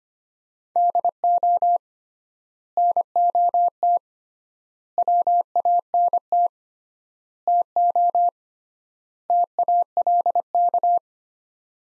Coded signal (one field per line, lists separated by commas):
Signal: Morse code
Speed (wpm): 25 wpm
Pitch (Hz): 700 Hz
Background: none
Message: DO NOT WANT TO TALK